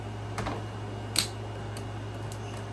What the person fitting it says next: that one snapped into place